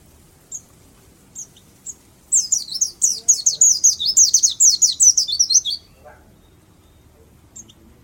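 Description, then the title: White-eye song: a few scattered high chips, then a dense, rapid three-and-a-half-second run of sharp twittering notes before falling quiet. Singing in the ngalas speed style. "Pleci dakun malang ngalas speed (Semut Merah)"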